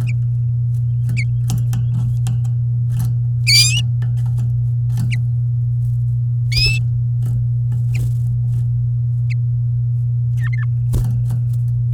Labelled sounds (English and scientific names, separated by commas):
Domestic Canary (Serinus canaria) song